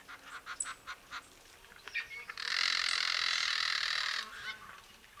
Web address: son claquement sec de la categorie pie bleue de steller